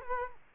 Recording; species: mosquito wingbeat signal from an infrared sensor; Culex quinquefasciatus